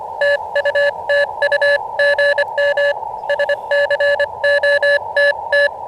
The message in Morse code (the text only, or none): TU TU GM SCOTT